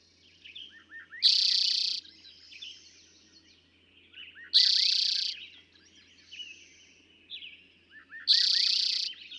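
Eastern towhee giving three strong, buzzy trilled songs at regular intervals of about three and a half seconds, over soft background bird chatter.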